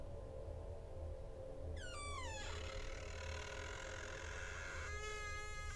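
A room door creaks slowly open with a long, descending, strained squeal, then a sustained groaning whine, ending in a brief higher creak, over a steady low background hum.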